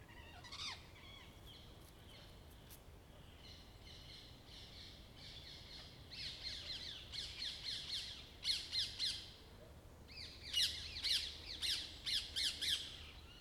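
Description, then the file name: Rose-ringed parakeet squawks, harsh high screeching calls that start sparse and grow into dense bursts from about six seconds. Recorded on 31 October 2015. "psittacula krameri 20151031"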